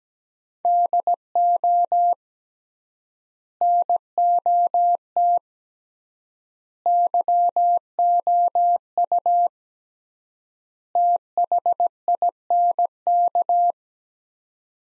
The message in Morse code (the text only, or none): DO NOT YOU THINK